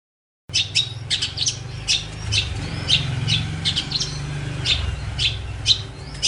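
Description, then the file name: Long-tailed shrike song of harsh squawky notes and sharp chips, spaced unevenly over a low continuous hum. Master song used for training songbirds. "cendet master. omkicau"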